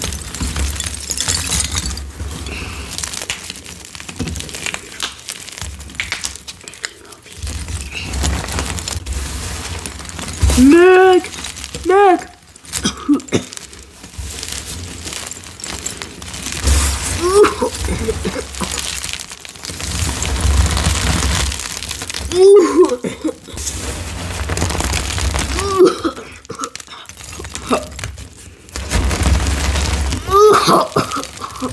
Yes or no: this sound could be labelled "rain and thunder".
no